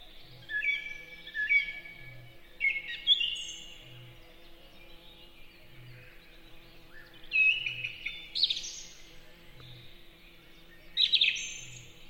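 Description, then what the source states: Song thrush song: bright whistled phrases and squeaky high notes given in separate bursts. Sung in a forest in spring.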